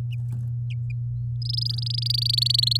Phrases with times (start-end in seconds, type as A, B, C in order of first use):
1.42-2.77 A